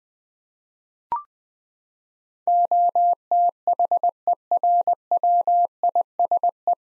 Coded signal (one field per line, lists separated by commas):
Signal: Morse code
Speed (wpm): 21 wpm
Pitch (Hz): 700 Hz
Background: none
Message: OTHERWISE